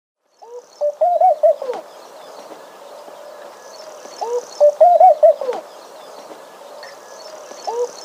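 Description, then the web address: Laughing dove giving gentle, bubbling cooing phrases of quick up-and-down notes, two full phrases about four seconds apart with another beginning at the end. Male giving display. "Laughing Dove"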